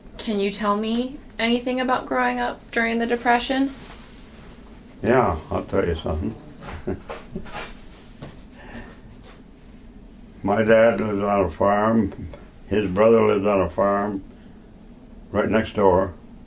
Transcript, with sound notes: Can you tell me anything about growing up during the Depression?
Yeah, I'll tell you something. [laugher] My dad lived on a farm. His brother lived on a farm right next door.